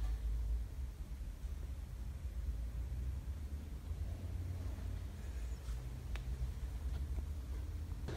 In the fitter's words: ist eingerastet.